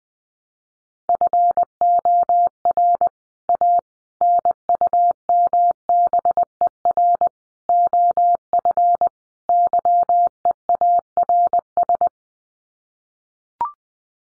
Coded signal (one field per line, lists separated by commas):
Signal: Morse code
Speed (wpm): 20 wpm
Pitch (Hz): 700 Hz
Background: none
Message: FOR A NUMBER OF YEARS